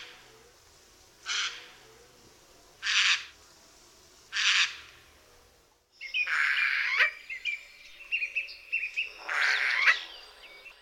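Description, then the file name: Eurasian jay screeching: three harsh, rasping bursts about one and a half seconds apart, then a noisier run of chattering and grating calls. "SOJKA"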